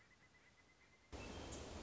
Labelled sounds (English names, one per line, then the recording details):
Pileated Woodpecker
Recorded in Sonoma County, California